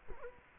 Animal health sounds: mosquito wingbeat signal from an infrared sensor; Culex quinquefasciatus

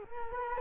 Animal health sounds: mosquito wingbeat signal from an infrared sensor; Culex quinquefasciatus

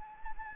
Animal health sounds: mosquito wingbeat signal from an infrared sensor; Anopheles gambiae

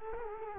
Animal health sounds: mosquito wingbeat signal from an infrared sensor; Culex quinquefasciatus

